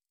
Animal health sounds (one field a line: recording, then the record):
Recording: hydrophone in a shrimp aquaculture tank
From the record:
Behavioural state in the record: stressed